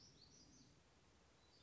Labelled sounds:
Black-throated Gray Warbler
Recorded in Sonoma County, California

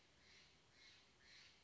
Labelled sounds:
Steller's Jay
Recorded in Sonoma County, California

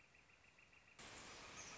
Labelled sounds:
Northern Flicker
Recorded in Sonoma County, California

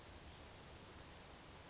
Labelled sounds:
Brown Creeper
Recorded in Sonoma County, California

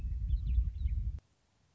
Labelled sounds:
Western Meadowlark
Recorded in Sonoma County, California

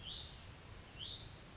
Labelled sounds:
Hutton's Vireo
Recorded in Sonoma County, California

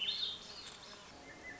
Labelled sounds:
Swainson's Thrush
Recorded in Sonoma County, California

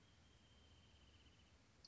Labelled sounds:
Wrentit
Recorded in Sonoma County, California

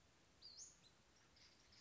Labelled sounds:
Western Flycatcher
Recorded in Sonoma County, California

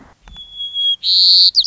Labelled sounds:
White-crowned Sparrow
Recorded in Sonoma County, California

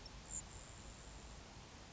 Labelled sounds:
Grasshopper Sparrow
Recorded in Sonoma County, California

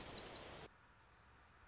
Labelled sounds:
Orange-crowned Warbler
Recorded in Sonoma County, California

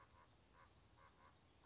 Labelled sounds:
Common Raven
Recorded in Sonoma County, California

